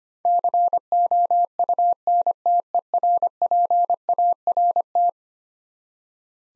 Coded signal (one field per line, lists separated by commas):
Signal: Morse code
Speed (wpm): 25 wpm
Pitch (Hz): 700 Hz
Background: none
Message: COUNTERPART